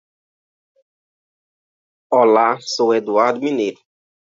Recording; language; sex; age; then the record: spoken sentence; Brazilian Portuguese; male; 30 to 39 years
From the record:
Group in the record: control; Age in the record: 39 years